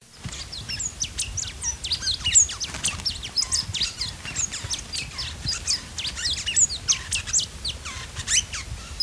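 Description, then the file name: Tucuman mountain finch calls, many sharp, high chips and short upslurred notes in a busy, irregular series, over a low rumble of background noise. "Compsospiza baeri - Tucuman Mountain Finch"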